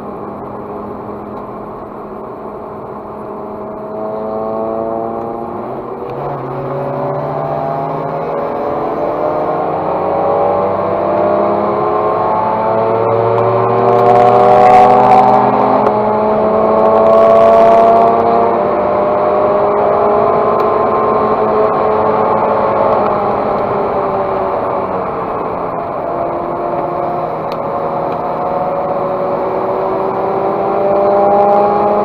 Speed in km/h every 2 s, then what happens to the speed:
67, 65, 65, 66, 78, 98, 110, 121, 129, 138, 143, 143, 123, 106, 110, 117.
0-7 steady at about 65. 7-20 speeds up to 143. 22-26 brakes to 106. 26-32 speeds up to 117.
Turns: none.